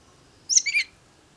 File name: Garrulus glandarius